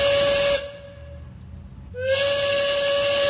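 A train's steam whistle sounds two loud blasts separated by a short pause, each a steady shrill tone wrapped in a bright rush of hissing steam.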